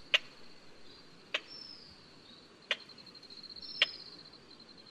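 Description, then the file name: Slaty-legged Crake giving sharp, dry clicking notes at intervals of about a second, over a steady high drone with faint thin whistles. "灰腳秧雞"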